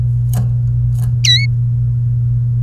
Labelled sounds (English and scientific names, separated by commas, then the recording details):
Domestic Canary (Serinus canaria) song
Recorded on 28 April 2018 at 16:09
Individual llb3